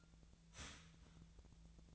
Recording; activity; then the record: daily activity, microphone in the room; start toaster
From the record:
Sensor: 3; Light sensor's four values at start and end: 32/81/34/36 and 32/81/34/36